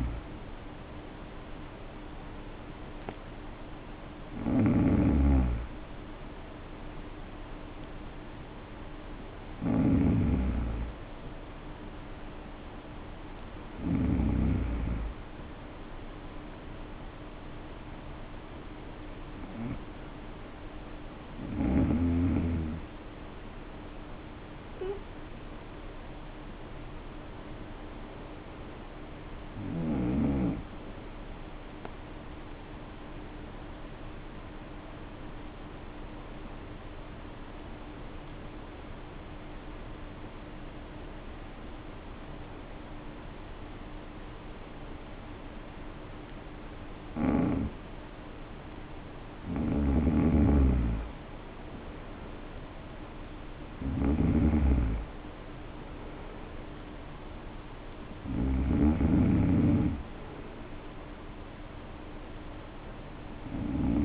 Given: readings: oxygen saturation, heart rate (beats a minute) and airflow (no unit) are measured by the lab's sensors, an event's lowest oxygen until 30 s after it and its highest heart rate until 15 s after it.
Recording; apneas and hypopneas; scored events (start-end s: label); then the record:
breathing in sleep by a voice recorder at the bedside; 1
14.00-64.05 s: new sleep stage, N2 (light sleep)
34.00-50.50 s: hypopnea (N2, oxygen 94% highest, then 85% lowest, heart rate 53 at the start, 66 highest)
From the record:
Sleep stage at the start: N1 (lightest sleep); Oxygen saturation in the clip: 75 to 94%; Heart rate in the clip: 52 to 66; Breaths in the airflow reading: 12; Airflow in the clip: -8.5 to 6.7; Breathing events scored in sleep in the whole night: 520 in 7.2 hours asleep